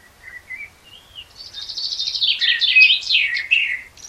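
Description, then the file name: Common blackbird song: soft, low whistled notes build into a long, loud, squeaky twittering flourish. "Turdus merula"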